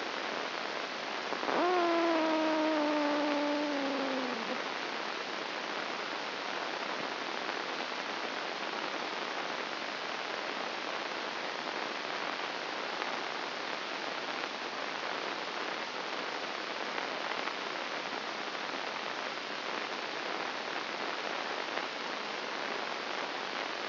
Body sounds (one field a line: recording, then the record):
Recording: brain microelectrode recording played as sound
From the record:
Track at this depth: inside the subthalamic nucleus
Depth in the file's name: 3.302 mm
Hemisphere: left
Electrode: 2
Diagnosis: Parkinson's disease